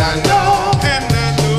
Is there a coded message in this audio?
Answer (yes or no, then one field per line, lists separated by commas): no